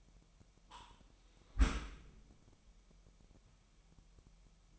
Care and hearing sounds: daily activity, microphone in the room; close dishwasher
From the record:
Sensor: 1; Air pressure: 998.4 hPa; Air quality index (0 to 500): 136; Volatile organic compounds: 4 ppm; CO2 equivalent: 1634 ppm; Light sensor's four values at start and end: 17/57/23/23 and 17/57/23/23

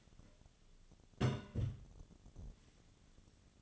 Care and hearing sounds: daily activity, microphone in the room; place on stove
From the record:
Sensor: 4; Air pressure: 1010.8 hPa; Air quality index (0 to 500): 167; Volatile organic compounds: 4 ppm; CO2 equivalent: 1704 ppm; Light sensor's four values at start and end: 39/112/45/46 and 39/112/45/46

